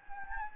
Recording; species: mosquito wingbeat signal from an infrared sensor; Anopheles gambiae